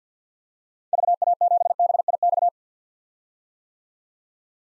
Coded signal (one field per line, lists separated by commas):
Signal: Morse code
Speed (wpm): 49 wpm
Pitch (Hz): 700 Hz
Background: none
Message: VA7BIX